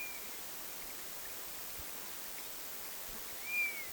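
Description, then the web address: Honey buzzard uttering one clear whistled note near the end that rises slightly then falls, preceded by faint hiss and a weaker whistle at the start. Calls recorded on 27 August 2026. "paivat 27 8 2026 mehilaishaukan aania"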